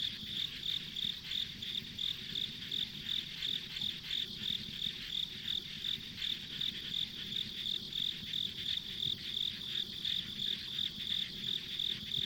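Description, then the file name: High insect chirps pulse steadily, around three a second, within a dense shrill chorus that never pauses. Ambient insect sounds recorded along a rural country road. "田舎道の虫の環境音"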